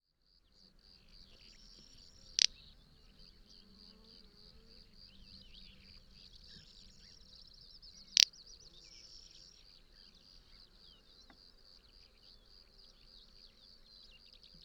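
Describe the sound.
Little bustard uttering two abrupt, dry snorting clicks about six seconds apart over a continuous high-pitched insect drone.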